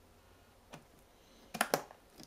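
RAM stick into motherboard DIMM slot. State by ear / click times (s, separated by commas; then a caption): seated / 1.6 s, 1.7 s. A second RAM stick is pushed down into the DIMM4 slot on a motherboard until its plastic clips click, with sharp clicks at 1.6 s and 1.7 s. Fainter ticks follow near 1.9 s and 2.2 s, after an earlier soft tap around 0.7 s. The module is seated.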